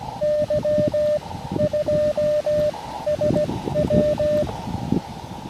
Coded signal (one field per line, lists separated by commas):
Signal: Morse code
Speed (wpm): 16 wpm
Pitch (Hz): 610 Hz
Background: none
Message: Y2SW